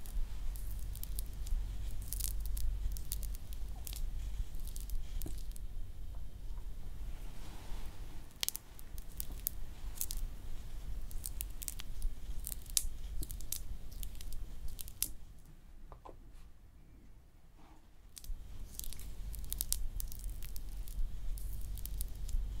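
Hand massage and nail care, with soft squishing, rubbing and light crackling touches over a steady low rumble. Sharp little clicks and taps come often through the first half, then a quieter stretch around sixteen to eighteen seconds before the rubbing resumes.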